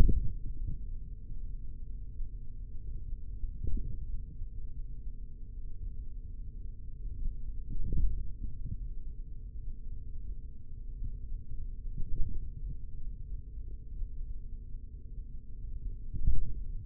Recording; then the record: forearm muscle sounds (acoustic myography)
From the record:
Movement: hand opening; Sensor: system 3, bracelet of six PUI Audio POM-2738L microphones around the upper forearm, with dedicated amplification and filtering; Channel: 4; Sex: male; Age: 43 years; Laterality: right